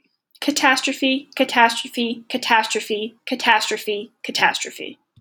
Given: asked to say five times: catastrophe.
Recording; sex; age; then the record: repeated word; female; 20 to 29 years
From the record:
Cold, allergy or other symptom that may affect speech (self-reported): no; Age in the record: 22 years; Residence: Massachusetts, United States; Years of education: 17